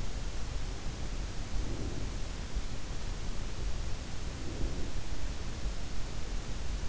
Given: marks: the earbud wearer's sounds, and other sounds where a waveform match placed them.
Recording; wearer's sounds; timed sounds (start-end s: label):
sounds in sleep by an in-ear microphone; breath
1.31-2.39 s: breath
4.13-5.24 s: breath